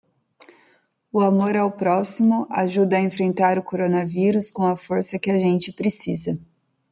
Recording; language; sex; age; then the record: spoken sentence; Brazilian Portuguese; female; 20 to 29 years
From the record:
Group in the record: control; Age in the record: 24 years